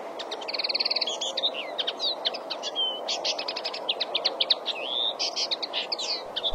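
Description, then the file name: Common linnet singing a lively twittering phrase, opening with a rapid trill and running on with slurred whistles and chirpy notes, against a steady rushing background noise. "Canto do pintarroxo"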